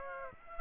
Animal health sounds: mosquito wingbeat signal from an infrared sensor; Aedes aegypti

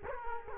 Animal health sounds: mosquito wingbeat signal from an infrared sensor; Culex quinquefasciatus

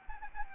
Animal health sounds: mosquito wingbeat signal from an infrared sensor; Anopheles gambiae

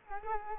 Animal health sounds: mosquito wingbeat signal from an infrared sensor; Culex quinquefasciatus

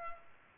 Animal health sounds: mosquito wingbeat signal from an infrared sensor; Culex pipiens

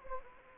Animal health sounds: mosquito wingbeat signal from an infrared sensor; Anopheles gambiae

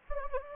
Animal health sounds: mosquito wingbeat signal from an infrared sensor; Anopheles gambiae

